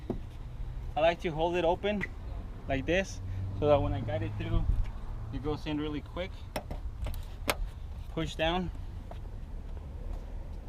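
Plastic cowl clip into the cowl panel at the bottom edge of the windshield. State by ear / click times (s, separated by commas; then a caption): seated / 7.5 s. A plastic cowl clip is held open, lined up, and given a quick push down into the cowl panel at the bottom edge of the windshield of a 2017 Subaru Forester during a windshield replacement. Someone talks over low background noise, and a few small taps are followed by one sharp click. The clip seats at 7.5 s.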